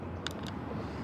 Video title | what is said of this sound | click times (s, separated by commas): UNBOXING/INSTALLING AZDOME M17 WiFi Dash Cam with APP 1080P FHD (links ins description) | you hear that click it's in i definitely want to listen for the click make sure everything's all in there | 0.3 s